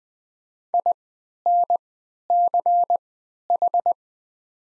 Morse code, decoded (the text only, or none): INCH